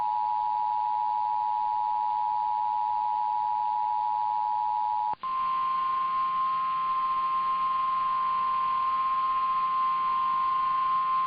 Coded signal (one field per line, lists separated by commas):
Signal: Emergency Alert System (SAME) tones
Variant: 853 and 960 Hz attention tone